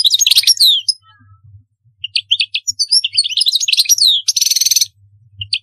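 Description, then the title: European goldfinch song: lively twittering and chirping phrases with a buzzy trill near the end, briefly paused after the first second. "Chant Chardonneret"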